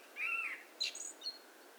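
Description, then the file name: Common blackbird song fragment: a short fluty whistle followed by a few thin, high squeaky notes, over quiet background hiss. "Turdus merula"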